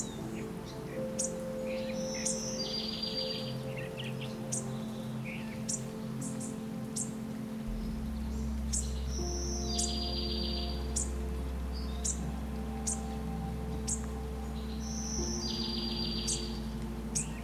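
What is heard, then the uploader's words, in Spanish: Soft birdsong chirps and trills over gentle, relaxing music that holds long sustained tones. Bright bird calls recur every second or two, some as short repeated notes, while a deep bass drone enters around eight seconds and continues to the end. El CANTO de los PÁJAROS y la MÚSICA Relajante. Los suaves cantos de los pájaros en armonía con música relajante.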